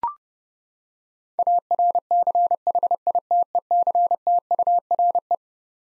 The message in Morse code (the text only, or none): ARCHITECTURE